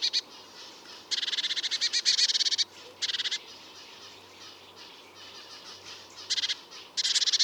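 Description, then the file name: Eurasian blue tit churring repeatedly, harsh buzzy rattles of fast pulses, one long burst and several shorter ones spaced irregularly. "Cyanistes caeruleus"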